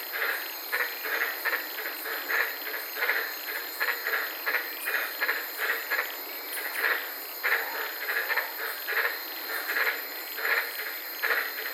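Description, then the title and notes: White-lipped tree frogs keep up a dense run of clipped croaking notes, alongside a continuous shrill insect drone. Several frogs recorded at night from inside a car in the Daintree rainforest, Queensland, Australia. "White Lipped Frog Podcast. I was sitting in my car in the Daintree rainforest in Queensland this night and fell asleep listening to these amazing White lipped frogs"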